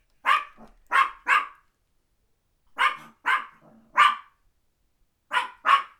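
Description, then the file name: Papillon yapping in short clusters of two or three sharp barks, separated by brief pauses. "Dogbarkpapillon 03"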